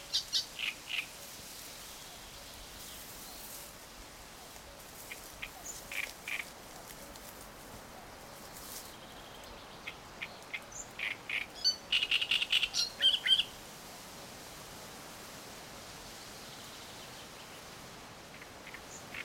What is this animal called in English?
Great Reed Warbler